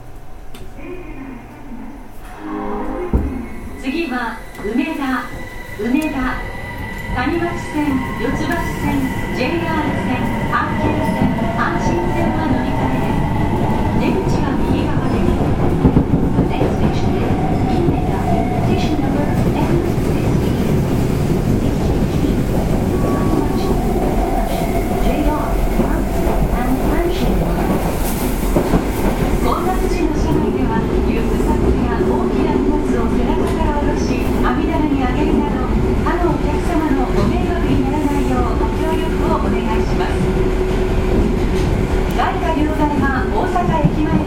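An Osaka Municipal Transportation 30000 series train runs, its motor whine rising in pitch over steady dense rumble, with speech briefly near the start.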